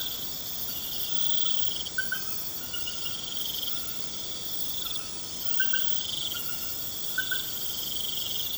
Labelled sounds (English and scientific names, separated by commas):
none